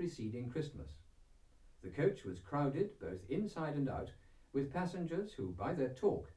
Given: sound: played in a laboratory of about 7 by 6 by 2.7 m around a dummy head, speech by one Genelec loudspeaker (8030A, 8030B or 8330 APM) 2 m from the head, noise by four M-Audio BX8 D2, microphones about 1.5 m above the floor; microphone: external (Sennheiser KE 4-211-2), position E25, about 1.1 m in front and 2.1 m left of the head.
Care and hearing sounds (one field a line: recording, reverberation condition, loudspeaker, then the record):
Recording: male speech in English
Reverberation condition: low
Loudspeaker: 120 degrees to the right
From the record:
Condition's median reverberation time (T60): about 310 ms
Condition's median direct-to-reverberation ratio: about 3.5 dB